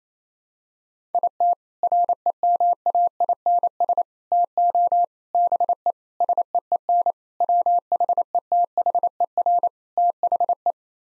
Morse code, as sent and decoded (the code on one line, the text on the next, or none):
.. - / .-. . -- .- .. -. ... / - --- / -... . / ... . . -. / .-- .... . - .... . .-. / - .... .
IT REMAINS TO BE SEEN WHETHER THE